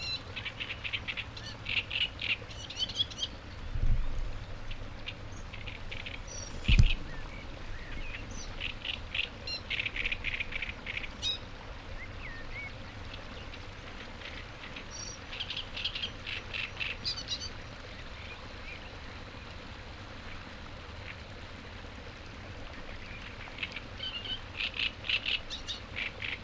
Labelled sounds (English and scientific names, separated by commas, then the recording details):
Great Reed Warbler (Acrocephalus arundinaceus) song
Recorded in the wild
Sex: male
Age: adult
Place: Hobrechtsfelder Rieselfelder, Naturpark Barnim, Berlin, DE
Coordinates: 52.6678, 13.4708
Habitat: pond
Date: 2008-04-27
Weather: clear, ca. 10°C, no wind
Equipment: Sound Devices 702, Sennheiser MKH 70, Windkorb
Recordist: Frommolt, Karl-Heinz
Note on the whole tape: Großer Reinigungsteich, mit Schilf bewachsenes Becken: Gesang eines Drosselrohrsängers. Entfernung ca. 40 m. Tier gesehen. Wechselt häufig den Standort